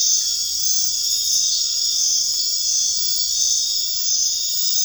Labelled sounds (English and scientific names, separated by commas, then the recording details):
none
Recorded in dense forest near Puerto Asís, Putumayo, Colombia, on 21 March 2025 at 21:00
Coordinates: 0.484, -76.317
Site G064